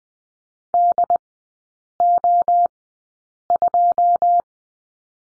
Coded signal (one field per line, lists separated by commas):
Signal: Morse code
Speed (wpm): 20 wpm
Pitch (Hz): 700 Hz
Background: none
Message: DO2